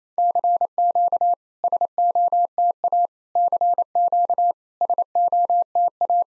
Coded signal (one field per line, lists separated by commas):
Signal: Morse code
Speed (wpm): 28 wpm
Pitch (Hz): 700 Hz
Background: none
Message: CQ SOTA CQ SOTA